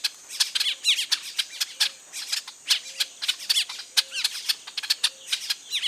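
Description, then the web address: Carib grackle calls: a dense chatter of sharp, squeaky chips and harsh notes from several birds, overlapping rapidly throughout, with a few low hums beneath. Recorded 29 June 2008. "chants 20080629 quilug"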